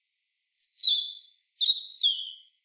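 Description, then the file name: European robin singing a single high, thin warbling phrase of sliding whistles, lasting about two seconds. "Erithacus rubecula"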